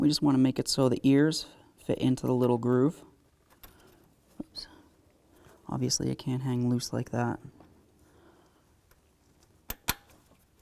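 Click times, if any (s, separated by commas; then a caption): 9.9 s. On a 1999–2007 Chevy Silverado, a small metal retaining clip is pushed by hand into the grooves of a transmission cooler line fitting while someone talks, with a few faint ticks in between. The clip snaps home with a sharp click at 9.9 s and sits perfectly seated.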